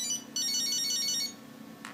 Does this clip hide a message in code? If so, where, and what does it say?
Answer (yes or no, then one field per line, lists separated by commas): no